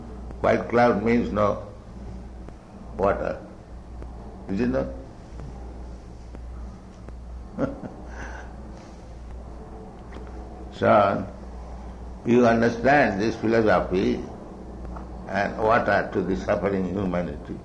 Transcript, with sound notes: White cloud means no water. Is it not? [chuckles] So you understand this philosophy and add water to the suffering humanity.